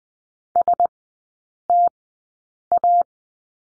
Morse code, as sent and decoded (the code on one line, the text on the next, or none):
... - .-
STA